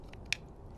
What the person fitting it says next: Has a nice click to it.